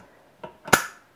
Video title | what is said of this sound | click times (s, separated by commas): Fear Not the Pressure Cooker | and you also hear the click this is a little bit smoother Cadillac | 0.7 s